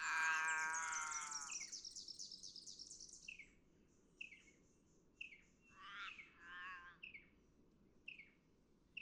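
Forest raven's harsh, drawn-out call opening loud then fading, followed by scattered short high chirps and a couple of brief squawky notes.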